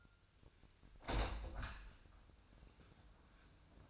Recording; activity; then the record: daily activity, microphone in the room; open window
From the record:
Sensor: 2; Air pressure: 1004.5 hPa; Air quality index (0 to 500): 79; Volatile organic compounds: 1 ppm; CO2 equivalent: 935 ppm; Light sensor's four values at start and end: 6/14/5/6 and 6/14/6/6